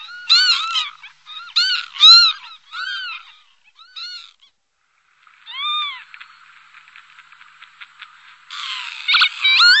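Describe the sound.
Bird calls: a series of harsh, arched notes in uneven bursts, with a pause, then a ticking series and a final loud burst of overlapping calls.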